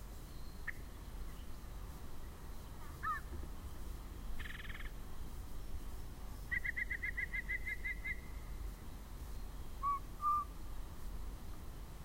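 Yellow-breasted chat: scattered chips and a harsh rasping burst, then a quick string of piping notes and two low whistles, with steady low background rumble.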